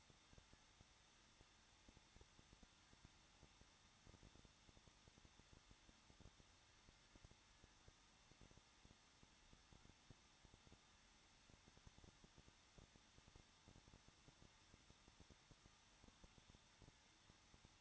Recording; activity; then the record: daily activity, microphone in the room; no activity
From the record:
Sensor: 3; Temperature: 21.2 degrees Celsius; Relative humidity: 36.4%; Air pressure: 1006.4 hPa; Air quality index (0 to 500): 223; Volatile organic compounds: 43 ppm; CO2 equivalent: 3191 ppm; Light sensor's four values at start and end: 2/3/2/2 and 2/3/2/2